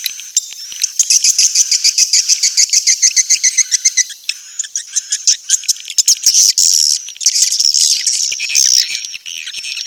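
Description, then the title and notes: Swiftlet twittering: fast repeated high chirps in even bursts, then a denser chattering chorus in the second half. Sound used for swiftlet farming in Asia. "Swiflet Bird Sound. Farming Swiflet Bird asia sound"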